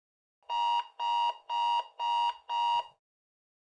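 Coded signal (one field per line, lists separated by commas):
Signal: none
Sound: timer's end beeps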